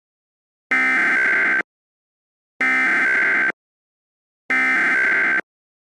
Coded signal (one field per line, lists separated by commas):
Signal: Emergency Alert System (SAME) tones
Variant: header bursts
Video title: The Triggering (Troll EAS Scenario)